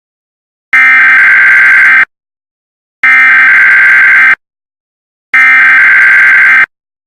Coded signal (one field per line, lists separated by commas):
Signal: Emergency Alert System (SAME) tones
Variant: header bursts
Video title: Premiere #2: EAS Videos (MAYBE VALID TONES)